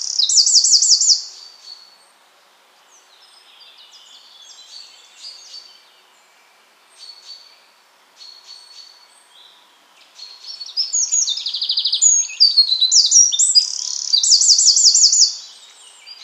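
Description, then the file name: Eurasian wren song: a loud, high, rapid trill opens, softer scattered notes follow, then a long tumbling burst of fast trills and warbles from about ten to fifteen seconds. "Troglodytes troglodytes"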